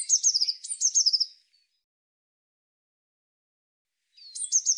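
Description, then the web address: Eurasian blue tit giving two high, descending tinkling phrases, then a long pause before another similar phrase begins. "Deverinetal"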